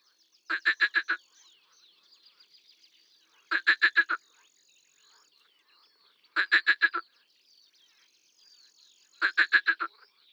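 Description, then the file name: Marsh frog croaking in rapid bursts of about five rattling pulses, each burst repeated roughly every three seconds, with faint softer chatter between. "Rana ridibunda"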